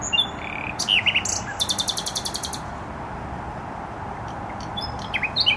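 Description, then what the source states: Nightingale song with high whistles and a quick buzzing trill of evenly repeated notes, followed by scattered chirps, against a continuous rumble of road traffic. Singing in bushes near a noisy motorway, Trasa Toruńska, Bródno-Podgrodzie, Warsaw, Poland; recorded with an Olympus LS-11.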